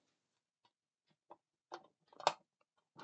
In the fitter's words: when you've got it in you should hear it click in but there you go that's one side in